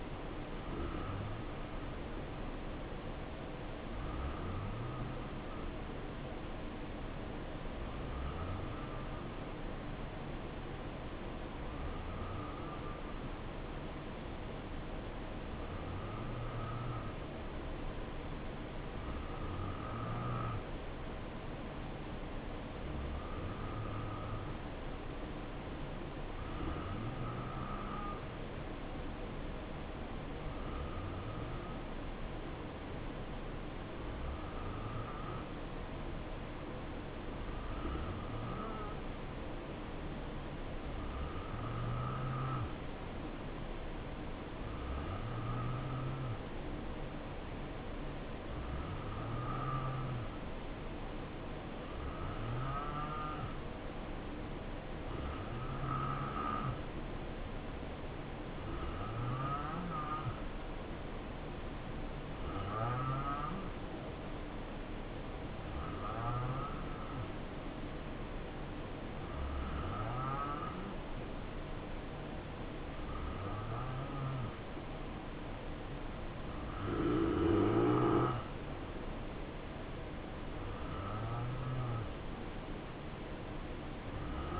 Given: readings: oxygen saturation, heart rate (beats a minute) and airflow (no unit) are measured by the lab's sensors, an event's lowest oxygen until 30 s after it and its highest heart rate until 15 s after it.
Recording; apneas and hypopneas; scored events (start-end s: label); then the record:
breathing in sleep by a voice recorder at the bedside; 1
7.00-77.00 s: hypopnea (N2, oxygen 91% highest, then 87% lowest, heart rate 64 at the start, 70 highest)
From the record:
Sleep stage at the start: N2 (light sleep); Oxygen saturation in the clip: 87 to 91%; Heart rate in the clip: 62 to 70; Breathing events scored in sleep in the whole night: 277 in 7.4 hours asleep